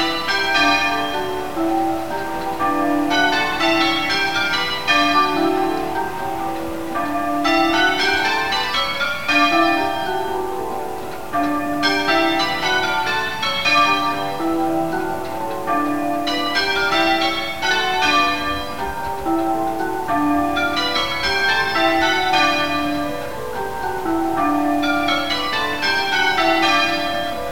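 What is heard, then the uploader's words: A peal of bells rings continuously, with strikes following one another in quick, regular rounds. The tones step up and down in repeating descending patterns, bright and ringing with long overlapping hum beneath, and the loudness stays steady throughout. Stoke Damerel Church in Plymouth. A very special peal of bells on the 11th November 2018, the centenary of Armistice Day.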